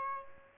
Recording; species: mosquito wingbeat signal from an infrared sensor; Aedes albopictus